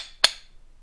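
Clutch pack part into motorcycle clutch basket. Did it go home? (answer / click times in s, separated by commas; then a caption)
yes / 0.2 s. A metal clutch pack part for a 2022 Grom SMR drops onto its splines in the motorcycle clutch basket and clicks into place with one sharp click at 0.2 s. The click is the seated result wanted, with no play left.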